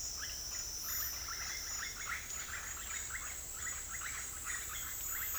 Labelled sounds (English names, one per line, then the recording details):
none
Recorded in dense forest near Puerto Asís, Putumayo, Colombia, on 8 March 2025 at 10:00
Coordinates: 0.503, -76.323
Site GP09